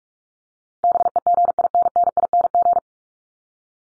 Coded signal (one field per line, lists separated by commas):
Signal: Morse code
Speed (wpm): 44 wpm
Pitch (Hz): 700 Hz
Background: none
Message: BEGINNING